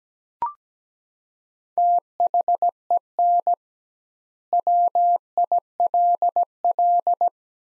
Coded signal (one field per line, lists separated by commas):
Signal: Morse code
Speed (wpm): 17 wpm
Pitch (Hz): 700 Hz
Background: none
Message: THEN WILL